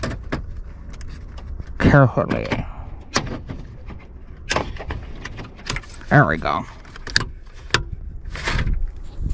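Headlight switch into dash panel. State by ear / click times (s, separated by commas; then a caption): seated / 7.2 s, 7.7 s. A new headlight switch is pressed into its opening in the plastic dash panel of a pickup truck while someone talks, with small taps and rustles as it is worked in. It snaps into place with sharp clicks at 7.2 s and 7.7 s.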